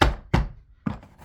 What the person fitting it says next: You heard the snap. It's done.